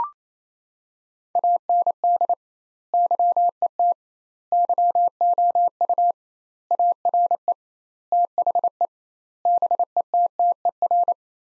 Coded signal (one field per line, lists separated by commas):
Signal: Morse code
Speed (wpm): 28 wpm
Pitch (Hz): 700 Hz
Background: none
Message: AND YET YOU ARE THE BETTER